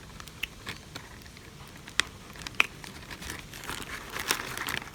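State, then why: Seated. Plastic connector pieces of a lantern light assembly are pressed into the lantern frame part, with soft crinkling and handling noise throughout. Two sharp, loud clicks at 2.0 s and 2.6 s mark the connectors snapping into place. The pieces end up fully seated.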